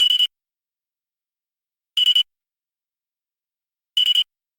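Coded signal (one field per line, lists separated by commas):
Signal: none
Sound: medical device alignment beeps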